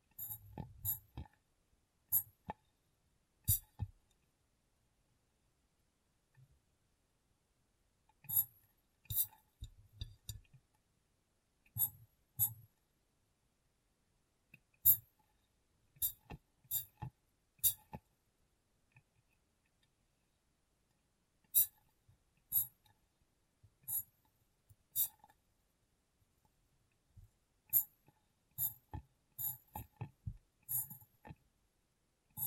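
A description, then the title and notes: Glass brain being tapped and cleaned: short, sharp taps and clicks arrive in irregular clusters, with bright ticking tops and soft low thuds beneath. Quiet gaps of a few seconds separate the bursts, with a longer pause around 18 to 21 seconds. ASMR Glass Brain Tapping & Cleaning (No Talking).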